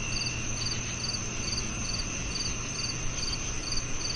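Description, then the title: Cricket chirps repeat about every half second, high and pulsing, above a steady insect whine and a low rumbling hiss. Summer night soundscape of crickets, made for relaxation and sleep. "Calming Crickets & Summer Night Sleep Sounds"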